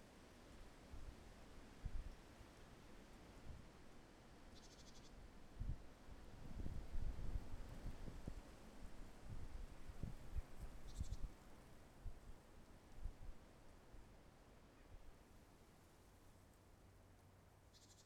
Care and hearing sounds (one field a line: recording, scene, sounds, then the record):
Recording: everyday scene through a hearing-aid microphone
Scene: wind on the microphone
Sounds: wind, traffic, birds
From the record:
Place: suburban garden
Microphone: behind the ear, left, front